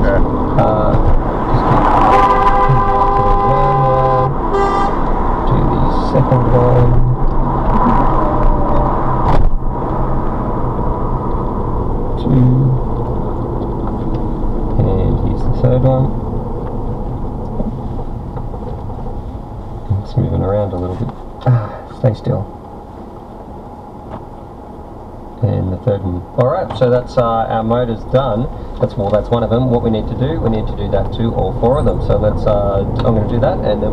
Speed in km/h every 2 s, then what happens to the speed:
58, 55, 56, 64, 63, 58, 55, 39, 26, 10, 0, 0, 0, 0, 11, 19, 26.
3-6 speeds up to 64. 6-19 brakes to 0. 19-27 standing. 27-34 pulls away to 26.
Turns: 27-34.